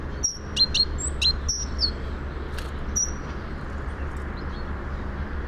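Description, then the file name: Great tit giving short, thin, high whistled notes that dip slightly, a few quick pairs early on then single notes, against a constant low hum. "Parus major"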